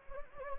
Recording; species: mosquito wingbeat signal from an infrared sensor; Anopheles gambiae